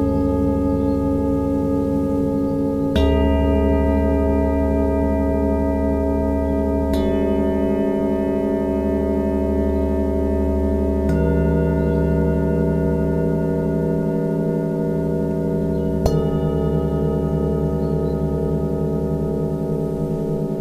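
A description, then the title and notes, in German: Singing bowls ring in long, sustained overlapping tones, freshly struck about every four seconds, with a deep steady hum and slow beating underneath. Begleitet von den Schwingungen der Klangschalen.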